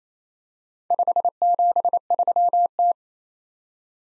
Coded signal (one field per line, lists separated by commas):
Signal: Morse code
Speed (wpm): 27 wpm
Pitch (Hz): 700 Hz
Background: none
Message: 573T